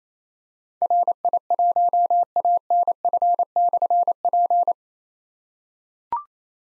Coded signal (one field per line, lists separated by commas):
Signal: Morse code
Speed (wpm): 28 wpm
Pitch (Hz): 700 Hz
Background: none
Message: RI1ANF/P